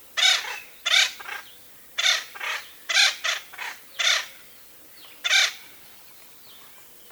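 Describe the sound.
Bird calling with loud, grating squawks, delivered singly and in pairs, followed by a longer gap before a last call.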